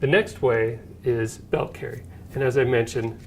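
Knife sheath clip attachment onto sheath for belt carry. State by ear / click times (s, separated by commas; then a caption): not seated / none. Someone talks while handling a boot knife sheath and its clip, setting the sheath up for belt carry. The clip has not yet snapped into place on the sheath, so nothing has seated or clicked yet.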